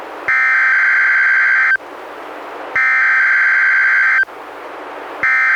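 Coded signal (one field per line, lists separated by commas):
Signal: Emergency Alert System (SAME) tones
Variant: header bursts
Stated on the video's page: NWS Portland Required Weekly Tests relayed by a NOAA Weather Radio transmitter in Astoria, received on a Reecom R-1630 and recorded with a Zoom H1.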